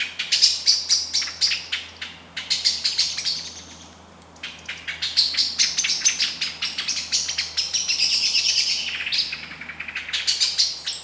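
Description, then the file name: Eurasian blackbird chinking in long rapid runs of sharp notes, with a brief lull midway before the calling resumes. "Turdus merula"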